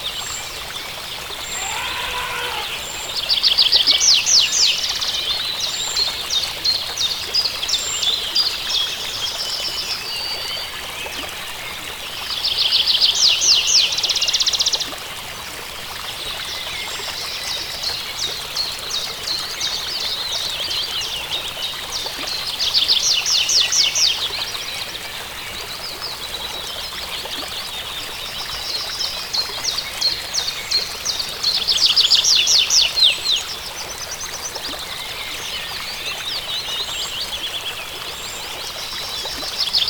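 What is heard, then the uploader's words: Outdoor sounds of the Serengeti: bright, rapidly pulsing calls, likely birds or insects, come in bouts of a few seconds every several seconds, some loud, others fainter. A soft, steady hiss fills the low background throughout. Sounds of the Serengeti.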